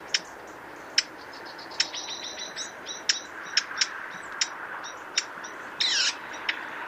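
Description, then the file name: Eurasian blackcap giving hard, dry tack calls at irregular intervals, with a few thin high notes and a brief buzzy burst among them. "Sylvia atricapilla"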